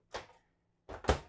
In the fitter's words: is firm when it's locked into place